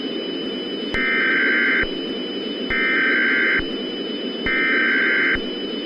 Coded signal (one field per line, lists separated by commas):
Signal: Emergency Alert System (SAME) tones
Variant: header bursts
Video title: EAS Scenario: Nuclear Negotiations